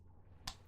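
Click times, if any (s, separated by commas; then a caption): 0.5 s. A magnetic battery door panel is put back onto the rubberized-coated body of a Recurve Squonk Mod by Mike Vapes and Wotofo. Over a low steady hum, a single short, sharp click sounds at 0.5 s. The panel seats in place with no battery rattle.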